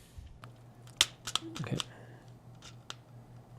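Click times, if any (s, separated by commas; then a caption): 1.0 s. A yellow plastic pin is pushed into a Lego 42124 buggy's building-set beam assembly to lock a cross piece on, seating with a sharp click at 1.0 s. Smaller ticks and plastic handling noises follow, and someone talks.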